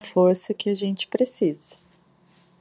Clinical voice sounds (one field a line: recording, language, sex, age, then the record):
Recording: spoken sentence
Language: Brazilian Portuguese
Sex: female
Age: 40 to 49 years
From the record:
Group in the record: control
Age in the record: 43 years